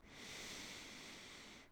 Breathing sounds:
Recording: one breath near a microphone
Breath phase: inhalation

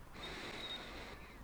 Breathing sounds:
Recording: one breath near a microphone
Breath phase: inhalation

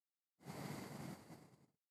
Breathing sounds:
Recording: one breath near a microphone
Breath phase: exhalation

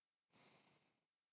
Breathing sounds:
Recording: one breath near a microphone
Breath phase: exhalation

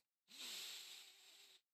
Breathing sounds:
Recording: one breath near a microphone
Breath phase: inhalation

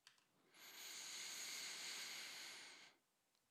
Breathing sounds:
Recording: one breath near a microphone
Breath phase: inhalation

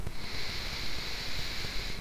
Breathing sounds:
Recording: one breath near a microphone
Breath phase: inhalation

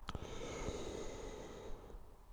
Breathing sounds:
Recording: one breath near a microphone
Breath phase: inhalation

